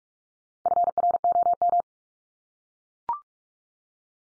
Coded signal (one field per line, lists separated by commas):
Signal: Morse code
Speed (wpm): 44 wpm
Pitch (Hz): 700 Hz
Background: none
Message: FROM